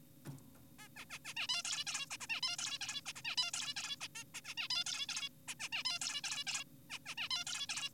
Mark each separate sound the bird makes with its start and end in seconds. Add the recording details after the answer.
0.79-0.88, 0.96-1.05, 1.10-1.19, 1.25-1.34, 1.37-1.47, 1.49-1.63, 1.65-1.85, 1.87-2.06, 2.11-2.17, 2.21-2.27, 2.30-2.41, 2.43-2.56, 2.59-2.79, 2.81-3.01, 3.06-3.13, 3.16-3.22, 3.25-3.36, 3.38-3.51, 3.54-3.74, 3.76-3.96, 4.01-4.08, 4.15-4.24, 4.34-4.41, 4.45-4.54, 4.58-4.68, 4.70-4.84, 4.86-5.06, 5.09-5.29, 5.48-5.55, 5.60-5.69, 5.72-5.83, 5.85-5.99, 6.02-6.22, 6.24-6.44, 6.47-6.64, 6.90-6.99, 7.06-7.15, 7.18-7.29, 7.31-7.44, 7.47-7.67, 7.69-7.89. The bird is an adult. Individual g4p5U